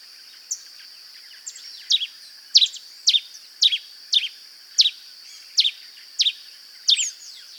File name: pileated finch